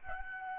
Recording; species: mosquito wingbeat signal from an infrared sensor; Aedes albopictus